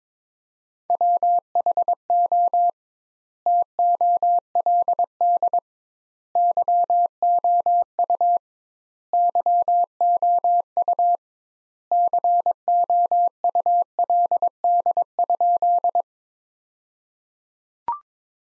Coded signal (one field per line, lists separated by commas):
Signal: Morse code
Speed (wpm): 22 wpm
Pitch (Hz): 700 Hz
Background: none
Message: WHO TOLD YOU YOU COULD?